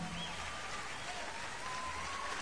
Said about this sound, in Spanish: Ahora aplauden. ¿Lo escuchas?